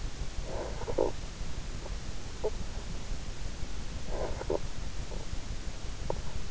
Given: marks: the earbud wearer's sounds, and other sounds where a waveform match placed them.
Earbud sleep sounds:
sounds in sleep by an in-ear microphone; snoring breath
0.22-2.82 s: snoring breath
3.96-6.45 s: snoring breath

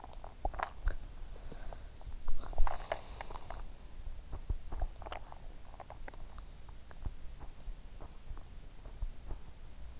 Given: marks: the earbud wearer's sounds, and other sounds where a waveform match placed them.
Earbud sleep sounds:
sounds in sleep by an in-ear microphone; swallowing, breath
0.00-1.43 s: swallowing
1.31-1.83 s: breath
2.22-3.68 s: swallowing
4.23-6.20 s: swallowing

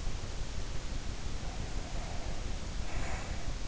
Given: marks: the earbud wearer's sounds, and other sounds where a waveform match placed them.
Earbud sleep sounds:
sounds in sleep by an in-ear microphone; breath
1.00-3.60 s: breath

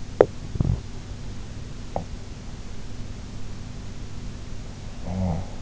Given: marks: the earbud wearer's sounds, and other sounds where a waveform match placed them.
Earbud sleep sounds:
sounds in sleep by an in-ear microphone; teeth grinding, snoring breath
0.00-2.11 s: teeth grinding
5.05-5.53 s: snoring breath

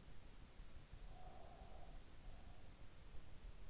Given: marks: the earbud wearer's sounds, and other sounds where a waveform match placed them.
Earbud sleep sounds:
sounds in sleep by an in-ear microphone; breath
0.88-3.03 s: breath

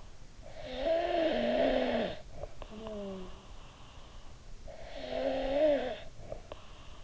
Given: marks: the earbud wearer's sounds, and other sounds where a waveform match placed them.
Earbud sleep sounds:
sounds in sleep by an in-ear microphone; snoring breath
0.33-3.76 s: snoring breath
4.56-7.04 s: snoring breath

